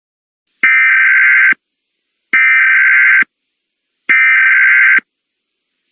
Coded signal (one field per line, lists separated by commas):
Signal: Emergency Alert System (SAME) tones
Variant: header bursts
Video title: EAS Scenario - Sudan Conflict